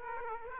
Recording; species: mosquito wingbeat signal from an infrared sensor; Aedes aegypti